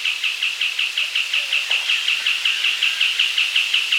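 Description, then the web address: Southern white-crowned tapaculo delivering a rapid, regular string of short chip-like notes at a constant pitch. Andean bird of South America. "S America Andean Birds. Southern White-Crowned Tapaculo (Scytalopus Bolivianus)"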